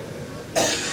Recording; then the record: coughing mixed with background sound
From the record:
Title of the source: Cough Around the Clock!